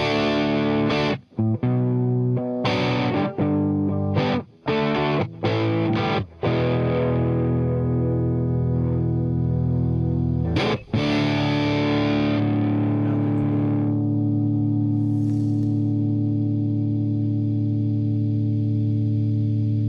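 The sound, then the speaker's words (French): Heavily distorted electric guitar through an amp run at 7 watts with gain up and reverb set to 50, with choppy chords and abrupt stops early on, then one loud sustained chord that rings out and fades slowly into a reverb tail. “Reverb 50. Pourquoi? Ah oui, il y a une reverb.”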